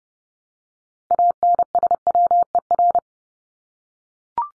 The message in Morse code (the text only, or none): ANSWER